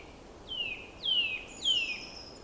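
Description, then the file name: Eurasian nuthatch calling with three sharp descending whistles, clean against quiet background noise. "Sitta europaea"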